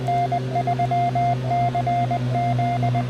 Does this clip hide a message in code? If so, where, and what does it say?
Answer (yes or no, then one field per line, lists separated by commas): yes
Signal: Morse code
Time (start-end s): 0.1-3.0 s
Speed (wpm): 19 wpm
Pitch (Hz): 700 Hz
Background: radio noise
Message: N3CZ